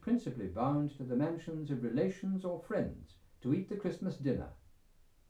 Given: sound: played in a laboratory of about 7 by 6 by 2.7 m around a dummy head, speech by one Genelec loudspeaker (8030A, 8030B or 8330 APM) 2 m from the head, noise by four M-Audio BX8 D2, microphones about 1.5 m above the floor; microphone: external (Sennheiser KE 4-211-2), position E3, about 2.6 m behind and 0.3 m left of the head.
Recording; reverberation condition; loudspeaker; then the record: male speech in English; low; 150 degrees to the right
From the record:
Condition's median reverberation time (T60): about 310 ms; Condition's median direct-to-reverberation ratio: about 3.5 dB